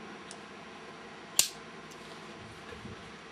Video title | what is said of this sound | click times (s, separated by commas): A Cold Steel Blade - An Abracahandra Production | that's a very solid click as well | 1.4 s